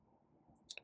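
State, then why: Seated. A D8 bypass harness connector, a plastic automotive connector, is plugged into the rear wiring socket of a 2026 Tesla Model Y Juniper during a Hansshow power frunk install. After a quiet low rumble, two sharp clicks come at 0.7 and 0.8 seconds as the connector locks into place and seats.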